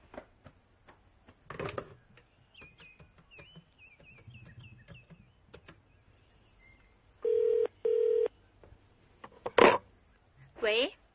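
A telephone number is dialed on a borrowed telephone: scattered clicks of keys being pressed, then two steady, loud touch-tone beeps of about half a second each, with faint chirps and low background noise around them.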